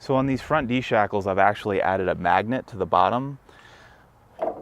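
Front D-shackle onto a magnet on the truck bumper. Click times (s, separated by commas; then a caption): 4.4 s. Someone talks, then a steel D-shackle on a truck's front bumper is swung down onto a magnet fitted to the bumper below it to stop it rattling. It makes a single short knock at 4.4 s as the shackle snaps into place.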